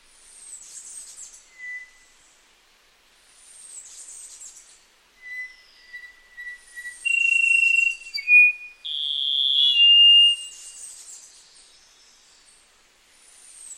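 Rufous-throated solitaire song: pure sustained whistles, some held and some slurred, at different pitches in the middle, with faint high downslurred notes repeating about every three seconds.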